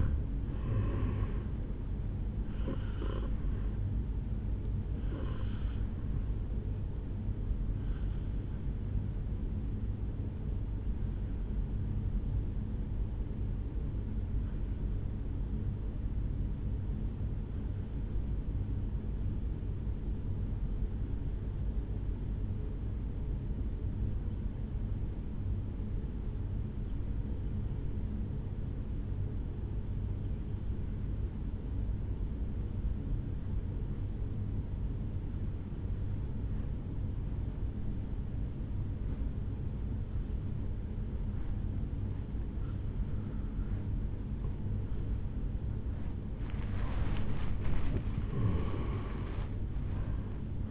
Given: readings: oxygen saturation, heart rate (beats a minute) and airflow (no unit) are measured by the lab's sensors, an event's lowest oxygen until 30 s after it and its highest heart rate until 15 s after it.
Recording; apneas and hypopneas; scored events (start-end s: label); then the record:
breathing in sleep by a smartphone at the bedside; 1
15.00-44.10 s: obstructive apnea (N2, oxygen 97% highest, then 84% lowest, heart rate 56 at the start, 76 highest)
39.00-50.71 s: new sleep stage, N1 (lightest sleep)
From the record:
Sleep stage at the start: N2 (light sleep); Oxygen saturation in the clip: 83 to 97%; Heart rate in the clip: 54 to 75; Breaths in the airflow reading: 5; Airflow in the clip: -15.0 to 8.2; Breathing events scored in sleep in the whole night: 449 in 7.0 hours asleep